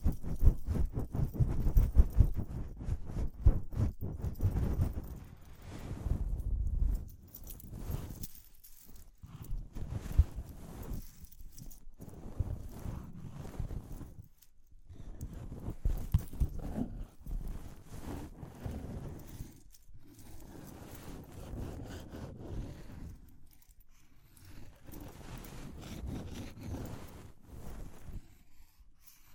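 Dense tapping and scratching in quick, irregular bursts with brief pauses, heavier and lower in the first seconds, lighter afterward.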